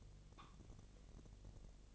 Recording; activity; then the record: daily activity, microphone in the room; take from stove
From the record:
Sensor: 4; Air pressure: 1000.1 hPa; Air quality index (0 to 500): 226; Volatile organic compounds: 28 ppm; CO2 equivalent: 2912 ppm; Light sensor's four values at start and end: 9/20/8/8 and 9/20/8/7